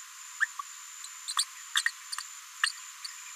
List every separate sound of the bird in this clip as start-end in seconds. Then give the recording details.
0.40-0.47, 1.27-1.34, 1.36-1.45, 1.75-1.83, 1.85-1.92, 2.62-2.72. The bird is a female. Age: 36 days. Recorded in a nest box in Venezuela. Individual 17B73B4